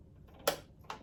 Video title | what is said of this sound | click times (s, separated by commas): Brother PE800 Embroidery Machine Getting it Ready to Use | you hear that click? And we're all set. | 0.5 s